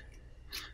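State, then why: Not seated. A spring ring, flipped to the wrong orientation, is slid over the tip of an Empire Syx paintball marker bolt, making only a faint, brief scrape around 0.5–0.6 s over a steady low hum. It meets no resistance and does not click on, so nothing has seated or clicked.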